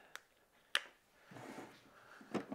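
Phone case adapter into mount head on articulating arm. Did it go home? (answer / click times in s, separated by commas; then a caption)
no / none. A phone with its case adapter is handled near a 360 mount head on an articulating arm fitted to a toolbox. Two sharp, brief ticks at about 0.2 and 0.8 s give way to soft rustling and scraping, with a couple of duller knocks near 2.4 and 2.5 s. Nothing has seated or clicked into the mount yet.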